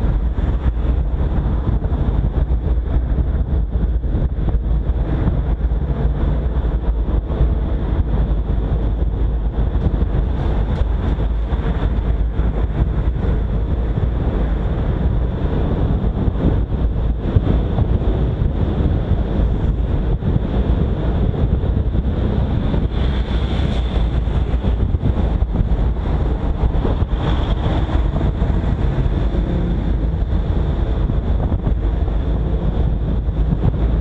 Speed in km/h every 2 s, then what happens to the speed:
40, 39, 43, 44, 46, 46, 45, 46, 47, 51, 53, 49, 45, 45, 45, 44, 47.
0-15 steady at about 44. 15-19 speeds up to 53. 19-24 slows to 45. 24-34 steady at about 45.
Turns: none.